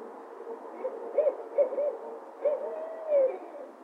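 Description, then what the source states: Owl giving short hoots in irregular clusters, ending with a longer drawn-out note, over a constant noisy hiss. Recording described as noisy.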